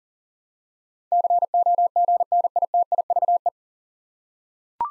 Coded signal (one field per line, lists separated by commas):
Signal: Morse code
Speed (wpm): 40 wpm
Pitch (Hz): 700 Hz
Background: none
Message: COGNITIVE